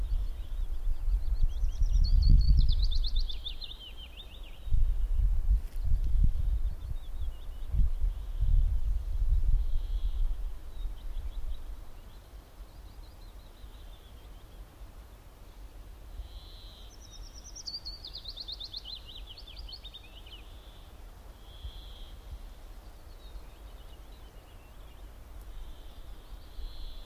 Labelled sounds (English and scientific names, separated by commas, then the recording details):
Willow Warbler (Phylloscopus trochilus) song
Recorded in the wild
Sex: male
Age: adult
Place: Halbinsel Kindo, Karelien, RU
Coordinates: 66.5508, 33.1036
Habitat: taiga
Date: 1990-06-30 15:38
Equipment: Uher 4000 Report Monitor, Sennheiser MKH 416 T
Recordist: Frommolt, Karl-Heinz